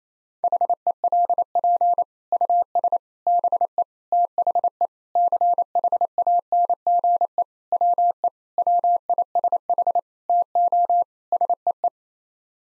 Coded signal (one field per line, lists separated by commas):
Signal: Morse code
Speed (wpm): 28 wpm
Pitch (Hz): 700 Hz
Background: none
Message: HELP US BE THE CHANGE WE WISH TO SEE